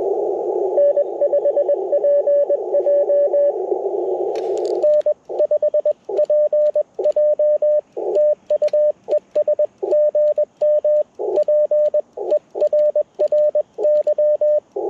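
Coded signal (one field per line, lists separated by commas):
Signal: Morse code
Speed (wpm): 21 wpm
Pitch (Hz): 590 Hz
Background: radio noise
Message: N5PJ N5PJ TU ES GM PERRY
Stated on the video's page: Parks on the Air CW activation lasting 70 minutes on an Icom IC-705 with a PackTenna Random wire antenna.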